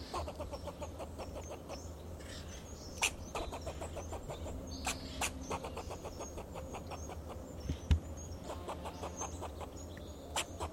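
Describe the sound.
Fox squirrel giving rapid clucking chatter, trains of short repeated pulses with a few sharper clicks, over a steady low hum.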